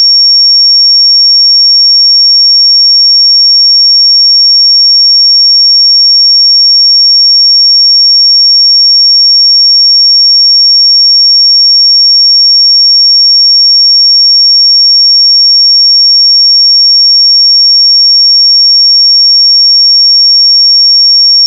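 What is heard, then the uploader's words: A pure 5520 Hz sine tone holds perfectly steady for the whole clip, a thin, bright, unwavering whistle with nothing else around it. 5520 Hz 1 Hz Interval Sine Pure Tone Frequency 441000 Sample Mono.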